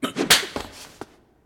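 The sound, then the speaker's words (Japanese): A single sharp, loud open-handed slap across a young prince's face by his father cracks out, followed by a couple of fainter, quick smacking taps before the sound dies away to silence. “まだ逆らうようなら今度は平手打ちでは済まさぬ。”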